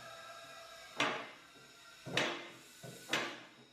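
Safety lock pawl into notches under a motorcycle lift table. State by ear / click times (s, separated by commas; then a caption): seated / 1.0 s, 2.2 s, 3.1 s. A HANDY LIFT Standard Lift 1200 air-powered motorcycle lift table is raised with a foot pedal, and the safety lock pawl clicks into successive notches under the table as it rises. Three sharp metallic clicks sound at 1.0, 2.2 and 3.1 seconds over a steady background hum, each ringing out briefly. The lock engages and seats in a new notch with each click.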